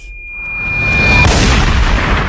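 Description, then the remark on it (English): A thin, steady high whine rises out of near silence, then a single massive booming gun blast erupts and rolls on as a loud, rumbling roar to the end. “Half cannon, sword of justice.”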